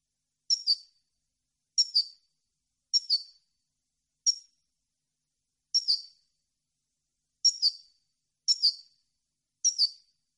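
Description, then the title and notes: European goldfinch giving short, high, sharp chirps one at a time, every second or so, eight in all with quiet gaps between. Clean goldfinch song compiled on a CD, meant to be copied. "Cd Jilguero. Cd de canto de jilguero limpio para copia"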